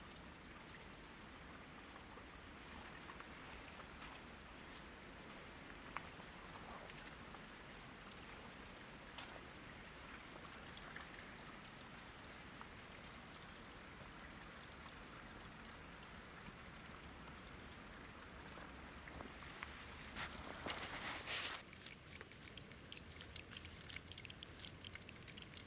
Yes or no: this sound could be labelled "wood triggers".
no